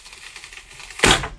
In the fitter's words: it clicks there we go